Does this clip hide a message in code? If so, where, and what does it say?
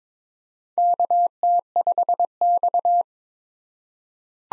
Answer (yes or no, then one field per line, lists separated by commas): yes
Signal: Morse code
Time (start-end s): 0.8-3.0 s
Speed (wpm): 22 wpm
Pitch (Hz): 700 Hz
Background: none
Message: KT5X